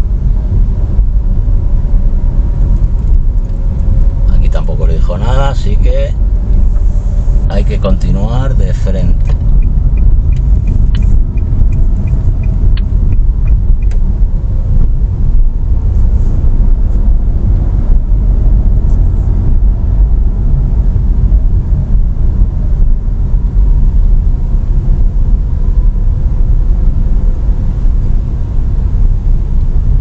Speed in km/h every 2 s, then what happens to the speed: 19, 18, 18, 18, 20, 21, 17, 17, 20, 22, 19, 17, 16, 16, 13.
0-18 steady at about 18. 18-23 slows to 16. 23-30 steady at about 16.